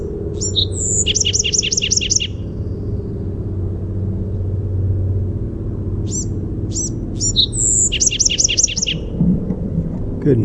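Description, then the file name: Bewick's wren song given twice: brief high opening notes followed by a quick buzzy trill, some separate chip notes between, and a continuous low rumble underneath. "BEWR song"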